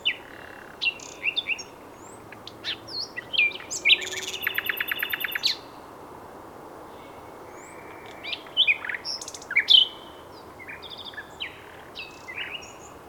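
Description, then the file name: Common nightingale song of scattered sharp notes and a fast mechanical rattle, quieter phrases with pauses between, against a soft background hiss. "Luscinia megarhynchos"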